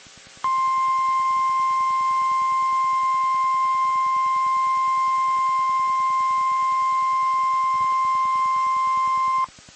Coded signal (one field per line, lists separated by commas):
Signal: Emergency Alert System (SAME) tones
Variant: 1050 Hz attention tone